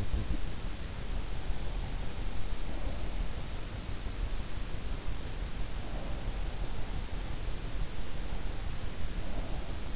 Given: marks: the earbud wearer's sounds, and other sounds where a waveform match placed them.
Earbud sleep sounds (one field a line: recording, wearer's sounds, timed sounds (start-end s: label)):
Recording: sounds in sleep by an in-ear microphone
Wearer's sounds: breath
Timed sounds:
0.00-0.48 s: breath